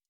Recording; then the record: hydrophone in a shrimp aquaculture tank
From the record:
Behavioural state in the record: stressed